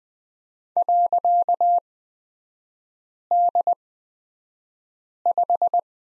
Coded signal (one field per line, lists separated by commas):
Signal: Morse code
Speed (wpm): 20 wpm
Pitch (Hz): 700 Hz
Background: none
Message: .D5